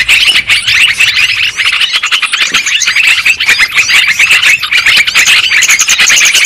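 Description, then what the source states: Lovebirds giving shrill squeaking and twittering calls, many birds overlapping in a busy, continuous chorus. Lovebird calls used as a lure sound for trapping birds.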